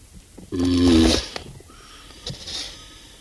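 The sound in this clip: Galapagos tortoise uttering one rough, breathy groan of about two-thirds of a second amid steady background hiss, with a few soft knocks afterwards.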